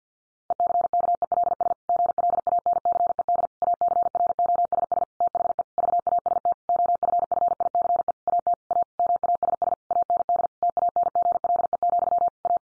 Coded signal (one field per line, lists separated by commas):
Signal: Morse code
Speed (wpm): 50 wpm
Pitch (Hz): 700 Hz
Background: none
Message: ECKELS GLANCED ACROSS THE VAST OFFICE AT A MASS AND TANGLE, A